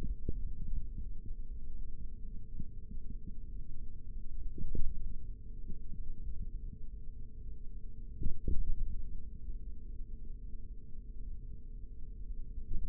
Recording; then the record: forearm muscle sounds (acoustic myography)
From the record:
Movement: index flexion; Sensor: system 3, bracelet of six PUI Audio POM-2738L microphones around the upper forearm, with dedicated amplification and filtering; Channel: 3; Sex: male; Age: 56 years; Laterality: right